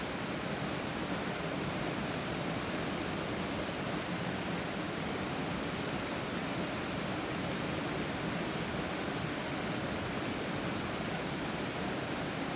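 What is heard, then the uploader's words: A river waterfall roars steadily, a dense, unbroken wash of falling water that fills everything from a low rumble up to a bright hiss. The level never shifts across the clip, with fine churning texture in the lower range and no other sounds emerging. Cascada Del Rio Pipo - Lapataia. Recorrido sonoro por Uahuaia y Lapataia - Tierra del Fuego - Argentina.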